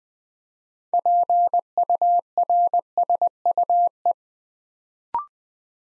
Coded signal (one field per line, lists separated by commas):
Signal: Morse code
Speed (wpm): 20 wpm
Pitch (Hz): 700 Hz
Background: none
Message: PURSUE